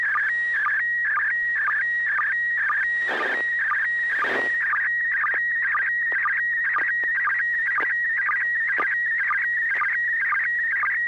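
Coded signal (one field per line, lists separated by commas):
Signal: SSTV (slow-scan television)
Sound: warbling whistle near 2 kHz with steady stretches and rhythmic low chirps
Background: low hum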